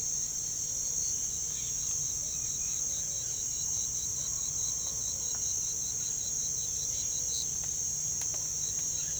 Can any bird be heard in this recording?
no